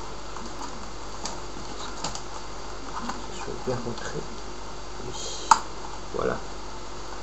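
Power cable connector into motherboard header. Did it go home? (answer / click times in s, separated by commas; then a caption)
yes / 5.5 s. A power cable connector is pushed into its header on an HP motherboard while someone talks, with a few soft taps and rustles in the background. A sharp click at 5.5 seconds marks the connector seating fully, and it is confirmed as properly in place.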